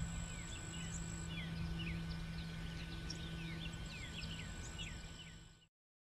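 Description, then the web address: Many birds chirping at once, a dense chorus of quick high twittering notes over a steady low hum, stopping abruptly near the end. Many birds recorded in Bexar County, Texas, on the morning of 19 March 2006. "bexar Many Birds 20060319 AM"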